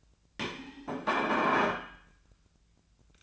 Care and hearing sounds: daily activity, microphone in the room; place plate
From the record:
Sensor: 2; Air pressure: 1009.2 hPa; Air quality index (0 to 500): 186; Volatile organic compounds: 11 ppm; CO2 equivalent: 2316 ppm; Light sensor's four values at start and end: 23/55/24/26 and 23/56/24/26

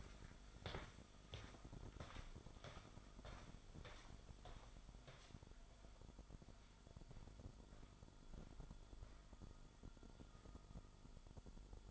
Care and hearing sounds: daily activity, microphone in the room; walk to room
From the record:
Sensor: 5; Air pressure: 1008.3 hPa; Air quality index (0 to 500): 123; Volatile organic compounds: 1 ppm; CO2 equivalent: 946 ppm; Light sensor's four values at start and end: 35/67/32/36 and 33/78/31/30

